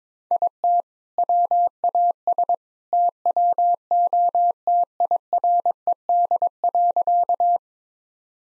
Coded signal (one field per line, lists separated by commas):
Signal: Morse code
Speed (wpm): 22 wpm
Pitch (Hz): 700 Hz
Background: none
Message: IT WAS TWO TIRED.